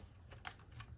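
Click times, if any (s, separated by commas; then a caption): 0.5 s. A plastic wiring connector is pushed back onto the ignition coil of a 2016–2022 BMW X1 (F48, s-Drive) during spark plug replacement, and the white locking tab is then pushed in. A sharp click is heard at 0.5 s among quieter ticks and a low background hum. The connector is seated on the coil.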